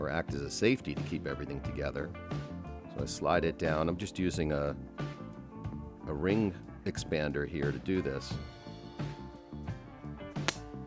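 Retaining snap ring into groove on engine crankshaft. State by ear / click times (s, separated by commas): seated / 10.5 s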